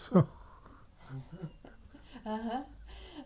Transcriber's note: laughs